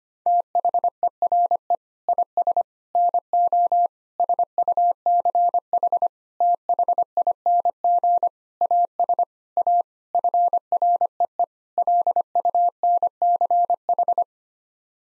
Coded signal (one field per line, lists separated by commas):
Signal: Morse code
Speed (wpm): 25 wpm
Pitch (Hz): 700 Hz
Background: none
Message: THERE IS NO SUCH THING AS A FREE LUNCH